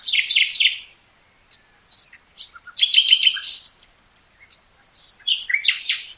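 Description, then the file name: Common nightingale singing in bursts: a loud rapid rattle of repeated notes, softer scattered chips, then a strong buzzy trill and a final varied phrase, with short silences between. "Luscinia megarhynchos"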